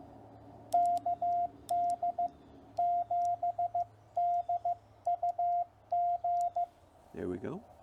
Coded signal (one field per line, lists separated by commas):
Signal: Morse code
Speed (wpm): 15 wpm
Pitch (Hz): 700 Hz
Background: speech, radio noise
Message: KD7DUG